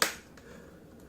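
A plastic screen bezel on a Lenovo Y50-70 laptop is pressed around its edges so its clips snap back into the display lid. A sharp click at 0.0 s, then a faint tick at 0.4 s over low background noise. The bezel clips are seated back in place.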